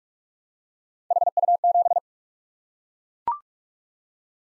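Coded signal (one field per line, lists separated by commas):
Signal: Morse code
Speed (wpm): 44 wpm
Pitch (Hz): 700 Hz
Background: none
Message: HU7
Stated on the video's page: Morse practice of random three-character letter-number groups at 45 wpm, each group sent, spoken, then sent again, for head-copy.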